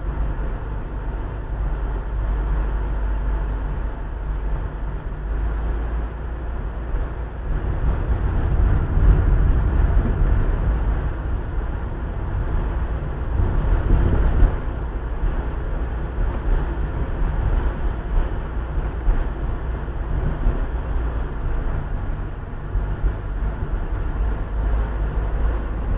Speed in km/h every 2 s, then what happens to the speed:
28, 26, 26, 25, 25, 26, 27, 27, 28, 27, 25, 29, 31.
0-20 steady at about 26. 20-26 speeds up to 31.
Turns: none.